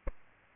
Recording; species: mosquito wingbeat signal from an infrared sensor; Aedes aegypti